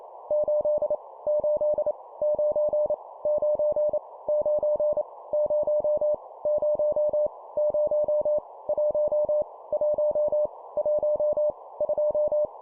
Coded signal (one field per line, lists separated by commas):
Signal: Morse code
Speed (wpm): 28 wpm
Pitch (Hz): 600 Hz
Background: none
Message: 8 8 9 9 9 0 0 0 1 1 1 2